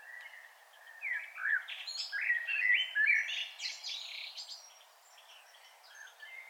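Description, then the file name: Common blackbird song against a hissy background: mellow warbled notes climbing into thin high twitters, then quieter faint notes. "Turdus merula"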